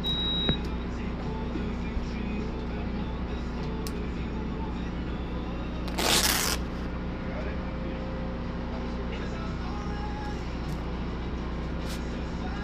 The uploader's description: Sounds from donating blood on a mobile bus, mostly sounds from the local radio station and some occasional beeping.